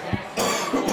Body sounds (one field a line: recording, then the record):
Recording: coughing mixed with background sound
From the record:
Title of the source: Spring Cold Coughing 3